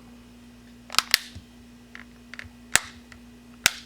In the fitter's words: As you hear them, everything snapping in, even in the middle, that's where those are right there.